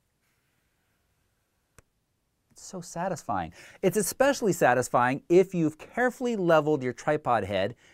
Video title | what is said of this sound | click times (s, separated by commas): Sigma 150-600 DG DN FE - SIX things you need to know! - Full Review | could you hear that click it's | 1.8 s